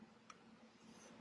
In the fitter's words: can hear them snap into place that's